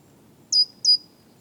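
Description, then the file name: Great tit call: two quick, thin, high-pitched notes, each dropping slightly in pitch, against a quiet low rumble. "Parus major"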